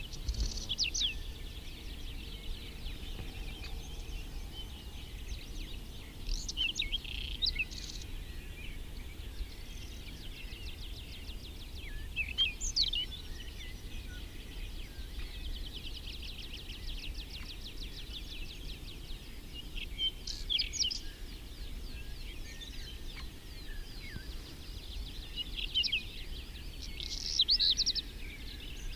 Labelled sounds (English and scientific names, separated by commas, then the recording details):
Whinchat (Saxicola rubetra) song
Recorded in the wild
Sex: male
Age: adult
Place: Schönow, Naturpark Barnim, Brandenburg, DE
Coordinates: 52.6892, 13.5014
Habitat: meadow
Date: 2005-05-28
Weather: fog, 16°C, no wind
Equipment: Edirol R-4, Sennheiser MKH 70, Windschutz
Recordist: Frommolt, Karl-Heinz